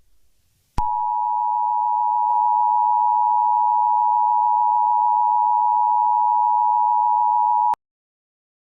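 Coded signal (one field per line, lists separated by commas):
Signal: Emergency Alert System (SAME) tones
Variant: 853 and 960 Hz attention tone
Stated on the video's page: Simulated EAS scenario.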